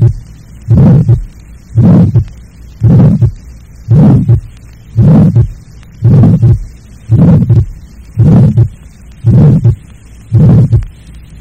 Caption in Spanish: Es un soplo de flujo pulmonar que se ausculta en muchos niños normales. Es de tono mediano y áspero y se parece a los soplos de la comunicación interauricular y de la estenosis pulmonar muy leve. Generalmente es proto y mesosistólico y termina antes del segundo ruido. Se le distingue de los soplos asociados a padecimientos orgánicos por la presencia de un desdoblamiento normal del segundo ruido cardíaco.